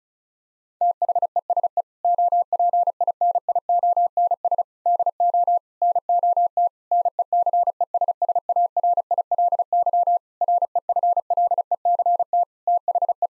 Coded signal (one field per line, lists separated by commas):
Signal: Morse code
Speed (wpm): 36 wpm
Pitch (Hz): 700 Hz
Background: none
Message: THESE OPINIONS DO NOT NECESSARILY REFLECT THE